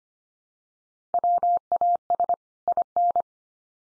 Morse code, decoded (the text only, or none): WAS IN